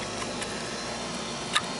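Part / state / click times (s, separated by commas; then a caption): plug-in module in a truck engine control module / seated / 1.6 s. A small plug-in module is pressed into the housing of a replacement PCM engine control module for a GM truck. Over a steady low background hiss, a sharp, bright click at 1.6 s marks the module seating in place.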